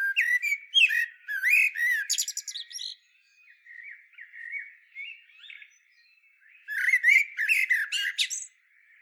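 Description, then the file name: Common blackbird singing: twittering and fluted phrases, then a quieter spell of soft warbled notes, then another burst of high squeaky twitter. "Turdus merula"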